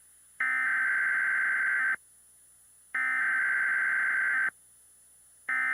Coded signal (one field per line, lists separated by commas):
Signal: Emergency Alert System (SAME) tones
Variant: header bursts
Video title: TMYKs EAS Scenario Ionized (REUPLOAD)